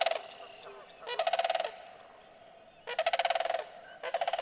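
Sandhill crane giving loud purring rattles, rapid pulses in bursts under a second long, separated by quieter pauses with faint background calls.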